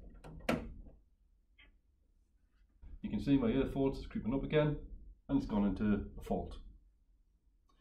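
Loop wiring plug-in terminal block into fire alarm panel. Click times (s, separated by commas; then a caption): 0.5 s. The loop one field-wiring plug-in terminal connector is pushed back into a fire alarm control panel, seating with a sharp knock at 0.5 s. Someone then talks as the panel goes back into fault once the loop is reconnected.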